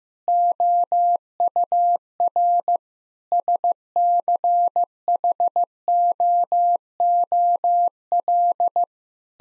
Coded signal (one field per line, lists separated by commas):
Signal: Morse code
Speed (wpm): 15 wpm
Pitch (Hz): 700 Hz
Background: none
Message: OUR SCHOOL